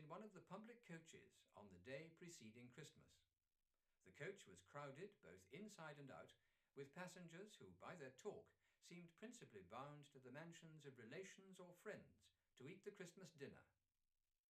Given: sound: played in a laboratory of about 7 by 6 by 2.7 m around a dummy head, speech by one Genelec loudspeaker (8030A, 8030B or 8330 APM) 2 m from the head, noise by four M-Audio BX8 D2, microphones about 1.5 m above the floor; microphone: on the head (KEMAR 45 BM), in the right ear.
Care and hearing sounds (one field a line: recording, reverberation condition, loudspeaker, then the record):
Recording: male speech in English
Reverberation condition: low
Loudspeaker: 120 degrees to the right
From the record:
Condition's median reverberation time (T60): about 310 ms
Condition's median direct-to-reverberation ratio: about 3.5 dB